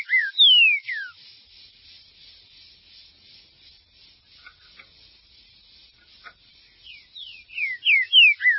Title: Trinca Ferro